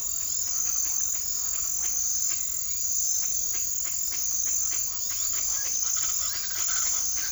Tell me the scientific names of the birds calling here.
Ortalis guttata